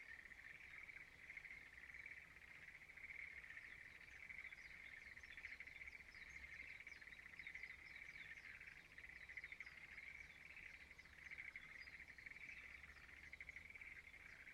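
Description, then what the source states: Frog chorus, continuous overlapping rattling trills, evenly pulsed, with faint sweeping chirps running over the top. Frogs singing in a rice field at dawn in Izumo, Shimane Prefecture, Japan.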